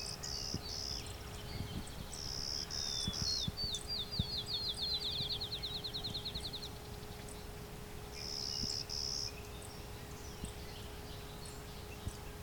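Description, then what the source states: Clay-colored Sparrow giving short series of dry, level buzzes, repeated after several seconds, with another bird's rapid descending trill between them and a constant low hum. Late June morning along a hydro corridor near Westover, Ontario, in open thicket habitat mixing open field and shrubs.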